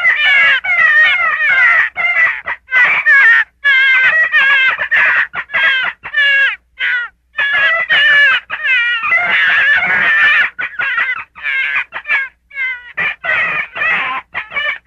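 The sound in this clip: Gray fox calling in a dense, rapid stream of warbling, whining yelps, some notes rough and screechy, others clear and quavering.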